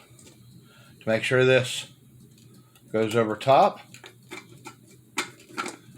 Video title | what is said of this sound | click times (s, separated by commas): Dome Dice Tower | and locks into place | 5.2 s